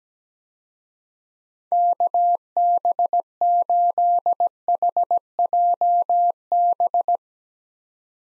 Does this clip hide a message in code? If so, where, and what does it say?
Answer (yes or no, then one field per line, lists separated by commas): yes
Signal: Morse code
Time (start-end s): 1.7-7.2 s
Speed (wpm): 17 wpm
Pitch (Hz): 700 Hz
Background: none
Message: KB8HJB